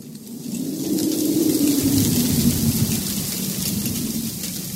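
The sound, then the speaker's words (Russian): Steady heavy autumn rain drums on a roof and windows in a dense, continuous hiss, with a low rumbling wash underneath that swells slightly and holds for the whole stretch. “Ветер продолжает выть. Ставни скрипят. Дождь стучит в крышу и окна.”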